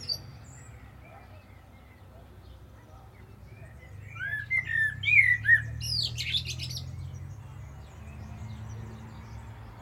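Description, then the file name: Common blackbird gives a single phrase of rich, flowing whistles with a scratchy high flourish, set against a steady low droning hum. "Turdus merula"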